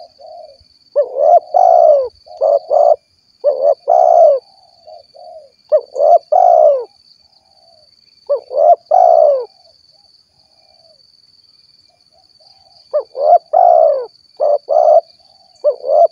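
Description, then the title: Spotted dove cooing in phrases of several notes, repeated with pauses; a thin steady high tone runs underneath throughout. "Tekukur"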